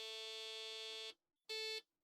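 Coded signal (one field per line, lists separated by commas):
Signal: beep code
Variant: Apple II Dead Test ROM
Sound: one long buzzy square-wave beep, short pause, then one short beep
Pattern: 1 long, 1 short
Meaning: Zero page or stack error: RAM data bit zero bad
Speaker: It's telling us we got bad RAM. So, these are first signs of life out of this thing we've ever had. Okay, so as for the beep code, we had like a long beep and then a short beep.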